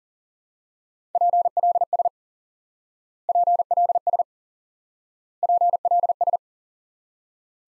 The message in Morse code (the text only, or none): PLS PLS PLS